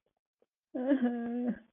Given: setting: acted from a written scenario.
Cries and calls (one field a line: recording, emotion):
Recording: vocal sound without words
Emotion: sadness